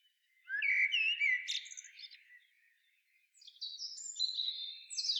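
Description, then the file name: Common blackbird song: a low fluted warble followed by squeaky high twittering, then a second high, scratchy phrase after a short pause. "Turdus merula"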